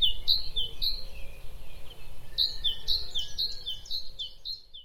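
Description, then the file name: Great tit giving clear high-then-low paired notes, two at first, then a longer rapid series that fades toward the end. "Parus major"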